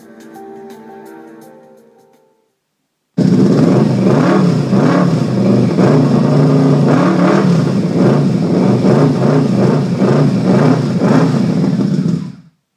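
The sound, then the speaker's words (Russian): After a soft tonal hum and a short silence, a hoverbike engine roars to life as its throttle is twisted, revving loudly in repeated rising and falling surges, then cuts off abruptly. “Лицо парня расплылось в улыбке, когда он крутанул ручку газа, и двигатель взревел.”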